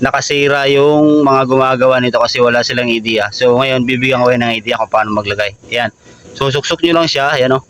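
A kick starter lever is pushed onto the kick shaft of a Rouser 135 motorcycle engine while someone talks almost throughout, with only faint handling sounds underneath. The lever slides onto the shaft, but nothing has seated or clicked yet; the return spring inside is only about to catch.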